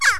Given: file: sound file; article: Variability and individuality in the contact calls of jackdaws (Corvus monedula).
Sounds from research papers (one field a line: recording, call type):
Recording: jackdaw call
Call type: harmonic